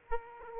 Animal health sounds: mosquito wingbeat signal from an infrared sensor; Aedes aegypti

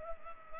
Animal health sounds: mosquito wingbeat signal from an infrared sensor; Culex pipiens

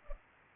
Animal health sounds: mosquito wingbeat signal from an infrared sensor; Culex pipiens

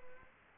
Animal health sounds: mosquito wingbeat signal from an infrared sensor; Aedes albopictus

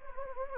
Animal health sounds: mosquito wingbeat signal from an infrared sensor; Anopheles gambiae

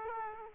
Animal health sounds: mosquito wingbeat signal from an infrared sensor; Aedes aegypti

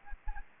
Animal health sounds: mosquito wingbeat signal from an infrared sensor; Aedes aegypti

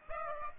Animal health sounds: mosquito wingbeat signal from an infrared sensor; Aedes aegypti

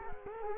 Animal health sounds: mosquito wingbeat signal from an infrared sensor; Culex quinquefasciatus

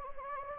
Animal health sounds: mosquito wingbeat signal from an infrared sensor; Anopheles gambiae

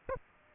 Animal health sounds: mosquito wingbeat signal from an infrared sensor; Aedes aegypti

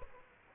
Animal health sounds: mosquito wingbeat signal from an infrared sensor; Aedes aegypti

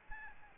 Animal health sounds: mosquito wingbeat signal from an infrared sensor; Aedes albopictus

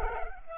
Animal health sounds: mosquito wingbeat signal from an infrared sensor; Culex pipiens

